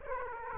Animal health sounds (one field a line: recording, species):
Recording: mosquito wingbeat signal from an infrared sensor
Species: Aedes aegypti